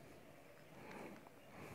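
The top plastic part of a SYM Jet 100 scooter's headlight switch housing is handled before being pressed onto the housing, giving soft handling noise over a steady low background hum with a brief sharp tick at the very end. Nothing has seated or clicked yet; the part has not snapped home.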